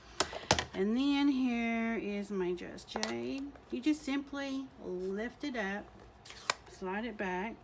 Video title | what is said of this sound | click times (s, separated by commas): CLEAR BLOCK STAMPING | always make sure those click into place okay | 0.2 s, 0.5 s